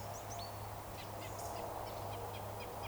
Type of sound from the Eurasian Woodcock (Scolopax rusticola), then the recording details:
whistle. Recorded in Baden-Württemberg, Germany, on 29 June 2020 at 20:07 UTC. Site 43791, 788 m above sea level